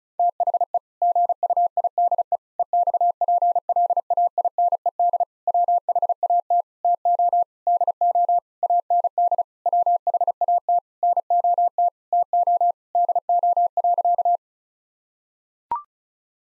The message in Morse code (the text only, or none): THE GUIDE EXPLAINED WHAT TO DO AND WHAT NOT TO DO.